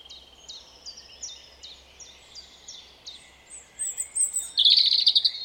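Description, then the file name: European robin song: a run of quick high downslurred notes, then a loud, dense trilled phrase near the end. "Erithacus rubecula"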